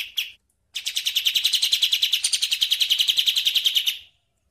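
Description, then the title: Bird song: two brief high chirps, a pause, then a fast, steady run of sharp, high chirps. Masteran recording, played to train songbirds. "Suara masteran Burung"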